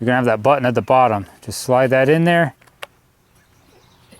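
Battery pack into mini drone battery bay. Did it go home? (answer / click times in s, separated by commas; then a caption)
yes / 2.8 s. Someone talks while a small plastic battery pack is slid, button side down, into the battery bay on the bottom of an upside-down G11MINI mini drone. After the talking stops, a faint tick comes just before a sharp, short click at 2.8 s as the battery latches into place. The battery is seated.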